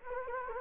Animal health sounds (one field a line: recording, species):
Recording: mosquito wingbeat signal from an infrared sensor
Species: Anopheles gambiae